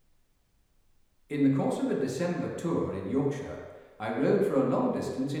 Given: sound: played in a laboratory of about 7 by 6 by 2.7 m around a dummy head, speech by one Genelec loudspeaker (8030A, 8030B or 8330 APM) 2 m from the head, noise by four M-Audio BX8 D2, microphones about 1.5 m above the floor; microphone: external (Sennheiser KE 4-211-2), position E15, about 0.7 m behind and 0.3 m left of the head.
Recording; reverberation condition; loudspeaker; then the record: male speech in English; high; 150 degrees to the right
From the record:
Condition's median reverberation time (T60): about 1300 ms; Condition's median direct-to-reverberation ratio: about -4.0 dB